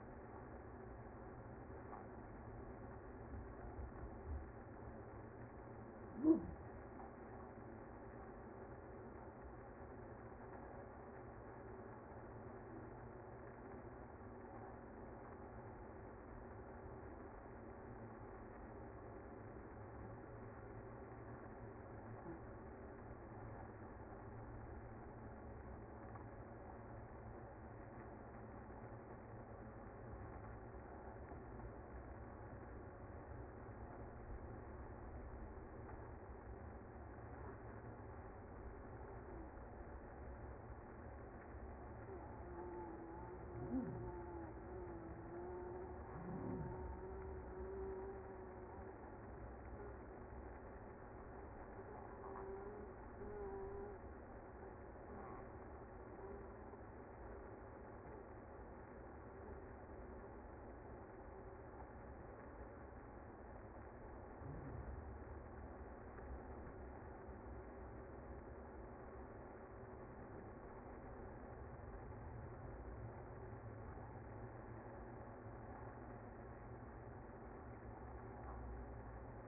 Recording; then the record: honeybee colony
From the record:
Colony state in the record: active